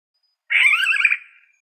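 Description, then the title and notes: Yellow-headed caracara making a single loud, wavering, raspy screech of just under a second that fades away at the end. "Carrapateiro Yellow-headed Caracara (Milvago chimachima)"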